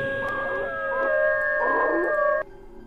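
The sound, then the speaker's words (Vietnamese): Several dogs howl together in long, overlapping tones, steady high pitches layered with wavering cries, loud and sustained before cutting off abruptly near the end. “Nói đoạn, bầy chó chu lên từng hồi.”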